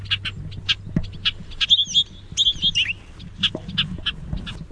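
Bobolink uttering scattered sharp call notes around a short tumbling, bubbly song phrase; low hum and faint thumps in the background.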